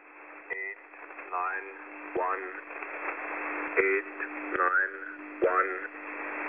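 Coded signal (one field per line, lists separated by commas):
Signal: numbers station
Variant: E06, English voice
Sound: short, evenly spaced spoken words over a narrow, noisy radio channel with clicks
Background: radio static, low hum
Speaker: one of the most popular of today's active stations is e06 known as the Englishman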